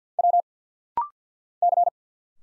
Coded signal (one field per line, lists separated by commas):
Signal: Morse code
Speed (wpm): 51 wpm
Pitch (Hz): 700 Hz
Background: none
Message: W C